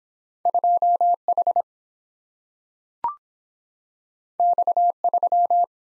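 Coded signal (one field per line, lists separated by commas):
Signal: Morse code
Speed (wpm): 23 wpm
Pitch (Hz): 700 Hz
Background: none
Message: 2 H X 3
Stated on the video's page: Two letter-number combination drill in Speed-Racing format, starting fast and slowing to a 17wpm base; fastest speed is 1.5 times slowest, final repeat sent once at maximum speed.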